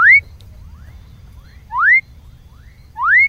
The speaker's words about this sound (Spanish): lo que vamos a escuchar es una ranita del norte argentino que se llama Leptodactylus fuscus